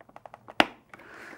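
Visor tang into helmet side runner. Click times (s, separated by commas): 0.6 s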